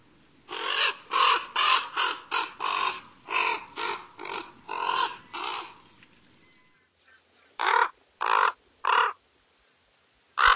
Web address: Songs of Birds of North America Stokes. Common Raven